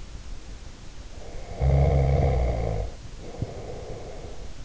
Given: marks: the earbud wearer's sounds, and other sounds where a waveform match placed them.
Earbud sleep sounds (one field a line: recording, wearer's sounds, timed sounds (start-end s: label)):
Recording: sounds in sleep by an in-ear microphone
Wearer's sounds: snoring breath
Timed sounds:
1.05-4.57 s: snoring breath